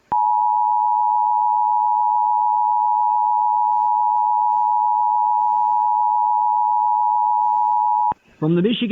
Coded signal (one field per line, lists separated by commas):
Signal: Emergency Alert System (SAME) tones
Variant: 853 and 960 Hz attention tone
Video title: Teléfono eas TV 📺 eas carro eas is radio eas